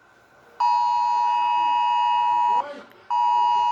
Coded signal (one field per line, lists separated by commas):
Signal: Emergency Alert System (SAME) tones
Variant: 853 and 960 Hz attention tone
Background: speech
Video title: "EAS Mock | This is a test" on a phone